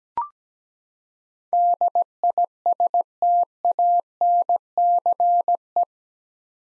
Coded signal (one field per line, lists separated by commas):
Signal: Morse code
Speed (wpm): 17 wpm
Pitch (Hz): 700 Hz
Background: none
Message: DISTANCE